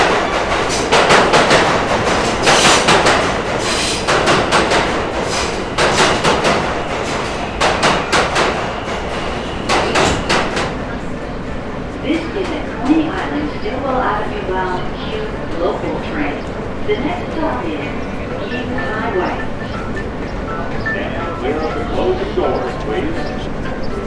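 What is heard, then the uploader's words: A shop interior on Coney Island, with a steady murmur of voices. For the first ten seconds, loud clattering and banging bursts crowd in; after that it settles into overlapping conversation and a low hum, with occasional knocks. Soundscape of New-York. Avril 2018.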